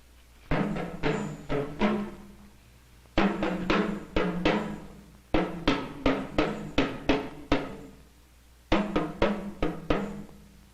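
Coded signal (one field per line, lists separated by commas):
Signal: talking drum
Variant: Yoruba dùndún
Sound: four phrases of rapid resonant drum strokes with slightly varying low pitch, separated by pauses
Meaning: The thief's problem is not stealing the chief's trumpet but where to blow it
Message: Olè tó gbé kàkàkí, níbo ni ó ti fọ́n?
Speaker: Well, what the drum was saying there was, in English, the robber's problem or the thief's problem is not how to steal the chief's trumpet, but where to blow it.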